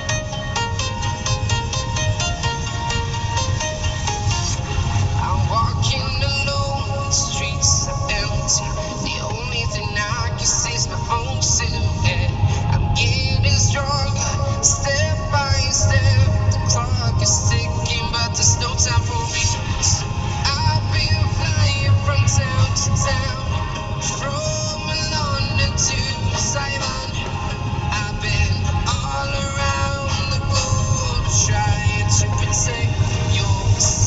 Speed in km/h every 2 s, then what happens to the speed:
32, 34, 34, 32, 32, 35, 39, 39, 34, 35, 35, 37, 37, 37, 40, 44, 42.
0-9 steady at about 32. 9-12 speeds up to 39. 12-27 steady at about 37. 27-30 speeds up to 44.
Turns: none.